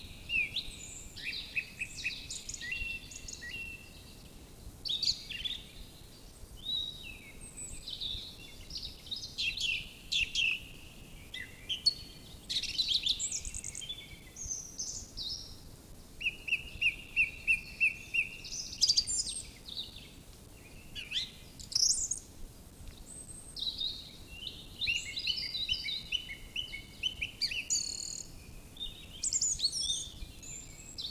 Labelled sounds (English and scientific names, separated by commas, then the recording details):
Song Thrush (Turdus philomelos) song
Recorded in the wild
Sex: male
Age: adult
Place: Röttenbach, Bayern, DE
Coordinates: 49.6633, 10.9539
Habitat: forest
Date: 1961-04-02 18:00
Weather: after rainfall
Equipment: Stellavox SM 4, Original, Vollspur
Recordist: Tretzel, Erwin